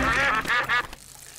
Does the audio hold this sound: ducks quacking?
yes